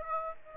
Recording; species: mosquito wingbeat signal from an infrared sensor; Aedes aegypti